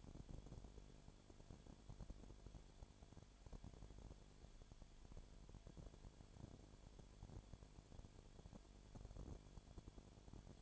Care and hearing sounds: daily activity, microphone in the room; no activity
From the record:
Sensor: 5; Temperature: 20.0 degrees Celsius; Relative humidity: 37.1%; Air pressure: 1007.4 hPa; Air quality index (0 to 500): 84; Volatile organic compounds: 1 ppm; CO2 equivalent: 955 ppm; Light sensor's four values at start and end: 2/3/1/1 and 2/3/1/1

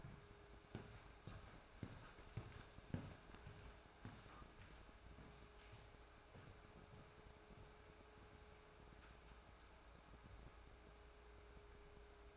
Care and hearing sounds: daily activity, microphone in the room; walk to room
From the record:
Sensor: 2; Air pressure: 1010.3 hPa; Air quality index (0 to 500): 161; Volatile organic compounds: 7 ppm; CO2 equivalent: 2022 ppm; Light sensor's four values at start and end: 38/93/42/48 and 37/89/40/46

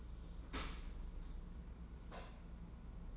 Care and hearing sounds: daily activity, microphone in the room; open dishwasher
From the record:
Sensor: 1

